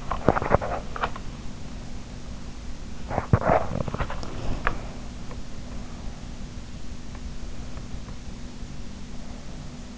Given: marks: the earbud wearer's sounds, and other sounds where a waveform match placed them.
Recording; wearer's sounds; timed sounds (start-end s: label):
sounds in sleep by an in-ear microphone; teeth grinding
0.00-1.24 s: teeth grinding
2.99-4.77 s: teeth grinding